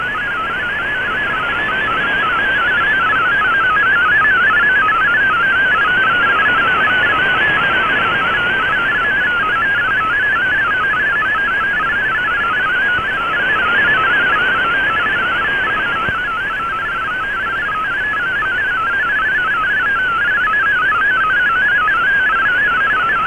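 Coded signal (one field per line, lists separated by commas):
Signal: multi-tone FSK (Olivia or MFSK type)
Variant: MFSK32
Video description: Here is my decode of the Shortwave Radiogram broadcast today on 11580Khz shortwave radio at 2300UTC in MFSK32 and with 5 SSTV images.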